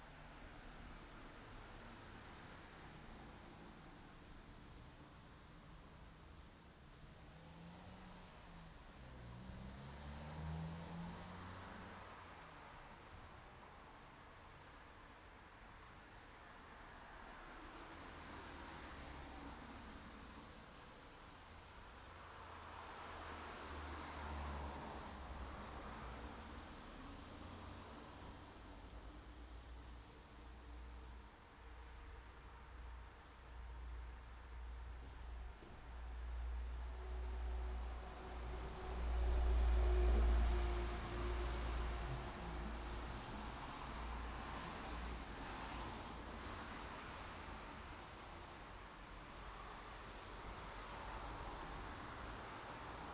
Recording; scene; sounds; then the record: everyday scene through a hearing-aid microphone; in traffic; traffic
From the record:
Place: city secondary road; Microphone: in the ear canal, right